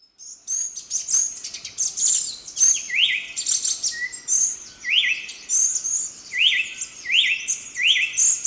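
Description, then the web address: Ochre-breasted tanager calls: dense high chattering notes, with short rising slurred notes repeated several times from about three seconds on. Recorded in Ecuador. "Birds of Ecuador. Ochre-breasted Tanager"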